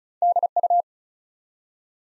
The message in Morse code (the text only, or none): DU